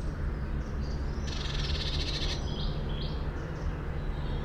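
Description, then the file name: Eurasian blue tit gives one rasping, fast-pulsed churr lasting about a second, with faint high chirps from other birds and a continuous low hum. "Cyanistes caeruleus"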